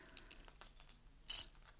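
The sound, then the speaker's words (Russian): Keys jangle and clink softly in a series of small metallic taps as they are tried in a drawer lock that none of them fits, building to a brighter, louder rattle near the end as they scrape against the lock. No one speaks. “ни один ключ не подходит?”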